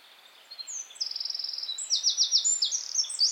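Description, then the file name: Eurasian wren song: a rapid, loud series of high trills and buzzy rattles, starting thin and building into fast repeated notes for over two seconds. "Troglodytes troglodytes"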